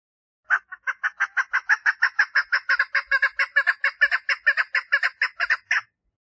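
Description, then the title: Partridge song: a long series of rapid, harsh chuckling notes, steady in pitch for around five seconds. "Perdiz Cantando"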